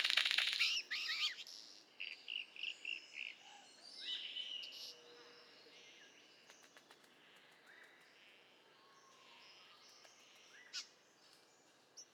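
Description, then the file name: Golden bowerbird harsh, noisy burst followed by a run of short chattering notes over about two seconds, then quieter scattered notes and a faint whistle. "Prionodura Newtoniana"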